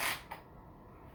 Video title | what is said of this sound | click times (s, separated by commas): KORE Essentials Tactical Gun Belt | Locks into place. | 0.3 s